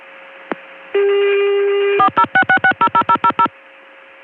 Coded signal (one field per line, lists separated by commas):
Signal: DTMF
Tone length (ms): 80 ms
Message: 4066600000